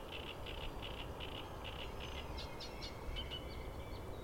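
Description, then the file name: Great reed warbler song, a string of rasping, evenly spaced churring notes followed by sharper higher chirps, with constant low background rumble. "Acrocephalus arundinaceus - Great Reed Warbler"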